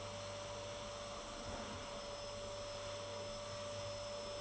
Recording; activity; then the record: daily activity, microphone in the room; vacuum cleaning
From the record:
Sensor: 4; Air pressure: 1008.5 hPa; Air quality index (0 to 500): 62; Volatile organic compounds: 1 ppm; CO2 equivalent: 598 ppm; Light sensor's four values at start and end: 13/31/12/11 and 13/31/12/11